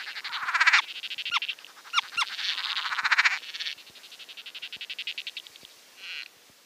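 Foothill yellow-legged frog giving long rapid pulsed rattles, grating, broken by a few sharp clicks, fading toward the end.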